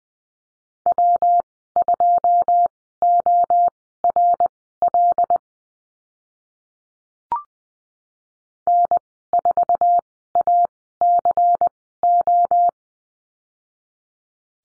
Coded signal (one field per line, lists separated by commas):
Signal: Morse code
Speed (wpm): 20 wpm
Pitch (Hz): 700 Hz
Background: none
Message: W2ORL N4ACO